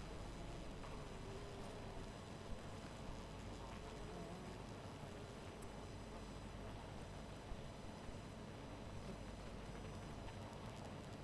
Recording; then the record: honeybee colony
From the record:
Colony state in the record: missing queen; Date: 14 July 2017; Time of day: 2:29